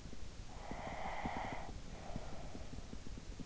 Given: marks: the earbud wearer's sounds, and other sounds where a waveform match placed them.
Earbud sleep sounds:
sounds in sleep by an in-ear microphone; breath
0.14-3.25 s: breath

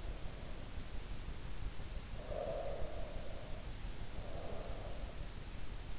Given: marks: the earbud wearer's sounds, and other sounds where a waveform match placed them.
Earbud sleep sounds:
sounds in sleep by an in-ear microphone; breath
2.18-5.21 s: breath

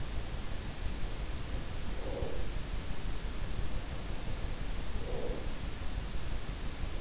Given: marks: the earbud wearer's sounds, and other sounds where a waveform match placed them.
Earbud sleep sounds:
sounds in sleep by an in-ear microphone; breath
1.61-2.72 s: breath
4.80-5.84 s: breath

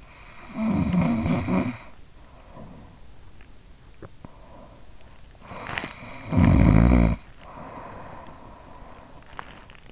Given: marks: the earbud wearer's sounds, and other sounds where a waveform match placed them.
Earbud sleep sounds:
sounds in sleep by an in-ear microphone; snoring breath
0.00-4.11 s: snoring breath
4.91-8.62 s: snoring breath

